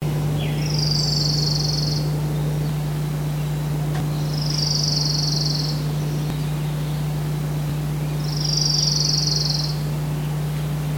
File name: Bewicks Wren